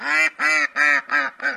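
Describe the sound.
Duck quacking: five harsh, nasal quacks in a steady series, each about a quarter second long, evenly spaced.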